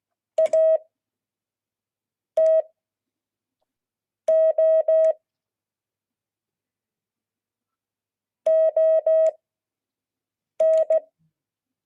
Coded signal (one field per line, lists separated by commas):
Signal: Morse code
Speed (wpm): 16 wpm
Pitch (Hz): 630 Hz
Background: none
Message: AT OON